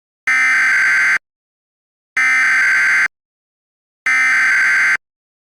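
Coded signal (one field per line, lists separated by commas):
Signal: Emergency Alert System (SAME) tones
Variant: header bursts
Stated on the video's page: Fictional scenario, not a real alert.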